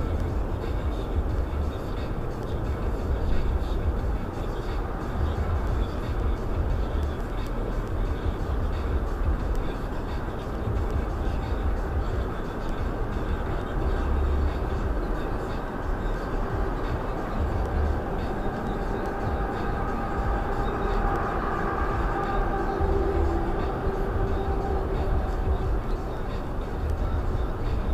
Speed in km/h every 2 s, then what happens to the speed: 98, 100, 100, 103, 101, 101, 103, 103, 103, 103, 103, 106, 106, 103.
0-28 steady at about 103.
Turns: none.